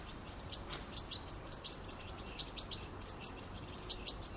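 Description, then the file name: European goldfinch with rapid, high, chattering twitter notes repeated in close succession throughout, against a quiet low hiss. "Carduelis carduelis"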